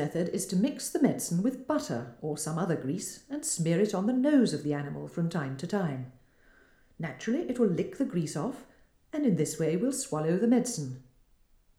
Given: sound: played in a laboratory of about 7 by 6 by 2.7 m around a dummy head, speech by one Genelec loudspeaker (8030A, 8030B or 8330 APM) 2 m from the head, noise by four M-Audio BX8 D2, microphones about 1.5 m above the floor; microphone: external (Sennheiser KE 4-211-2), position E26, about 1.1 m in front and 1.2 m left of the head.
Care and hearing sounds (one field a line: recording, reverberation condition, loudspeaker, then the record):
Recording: female speech in English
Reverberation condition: medium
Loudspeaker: 30 degrees to the left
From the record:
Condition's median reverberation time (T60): about 510 ms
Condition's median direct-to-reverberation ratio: about -0.5 dB